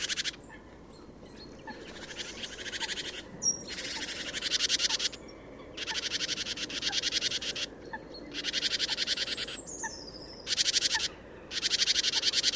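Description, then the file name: Great tit scolding churrs repeated in dense buzzy blocks separated by short gaps, with occasional thin whistled notes and faint ticking underneath. "Parus major"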